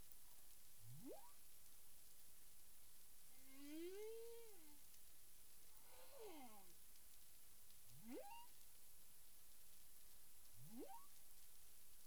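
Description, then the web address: Humpback whale vocalizing: repeated quick rising whoops, an arched moan and a falling harmonic cry, spaced about one to three seconds apart amid steady underwater noise. Recorded 9 April 2002 at 18:00:53 UTC. "humpback whale 20020409"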